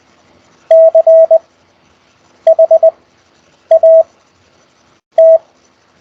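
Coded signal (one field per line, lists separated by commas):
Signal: Morse code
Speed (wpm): 20 wpm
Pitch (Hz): 650 Hz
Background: none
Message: CHAT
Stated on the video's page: Raw CW QSO practice exchanged over Skype, week eight.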